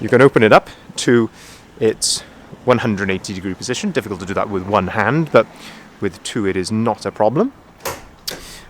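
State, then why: Seated. Someone talks about opening the rear barn door of a Ford Transit T260 100 BHP panel van out to 180 degrees. The door is then swung and its rear door check strap latches at the 90-degree hold position with a sharp metallic clack at 8.3 s.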